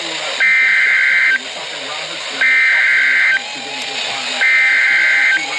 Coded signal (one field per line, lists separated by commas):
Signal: Emergency Alert System (SAME) tones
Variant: header bursts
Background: speech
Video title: NOAA - Tornado Warning & Flood Warning (EAS #889 - 890)